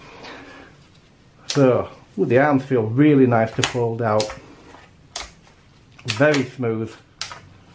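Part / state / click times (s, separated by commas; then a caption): folding drone arm into drone body hinge / seated / 7.2 s. A person talks while swinging the folding arm of a plastic FIMI X8SE quadcopter drone out on its hinge in the drone body. At 7.2 s a short, sharp click sounds as the arm locks into its open position, seated in place.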